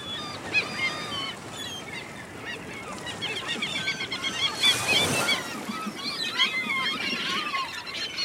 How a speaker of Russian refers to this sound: а что за птицы над нами все время кружат? Снизу белые, сверху серые или с черными перышками. Красивые, но ужасно крикливые. Это чайки.